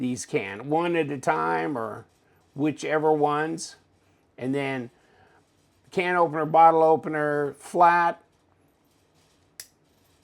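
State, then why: Seated. A flat-blade implement on a metal multitool is opened and snaps into its locked open position with a sharp metallic click at 9.6 s, seated in the tool body. Someone talks for most of the clip before the click.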